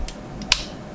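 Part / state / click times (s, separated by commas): paper magazine catch locking into a paper pistol frame / seated / 0.5 s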